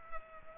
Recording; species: mosquito wingbeat signal from an infrared sensor; Culex quinquefasciatus